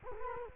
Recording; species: mosquito wingbeat signal from an infrared sensor; Culex quinquefasciatus